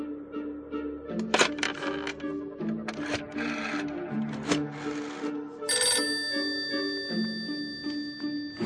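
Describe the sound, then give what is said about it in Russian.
An old telephone in a corridor rings in bright metallic bursts, with a long sustained shimmering ring near the end, all over a steady humming, music-like tonal background and no talking. “Разрешите от вас позвонить? Да, пожалуйста. Телефон в коридоре.”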